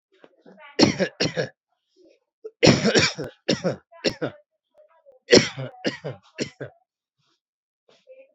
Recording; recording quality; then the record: shallow voluntary cough; excellent, no background noise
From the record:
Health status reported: COVID-19 positive, mild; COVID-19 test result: positive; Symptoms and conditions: fever, loss of smell and taste, diabetes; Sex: male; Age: 47 years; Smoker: not ticked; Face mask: not worn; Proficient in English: yes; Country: India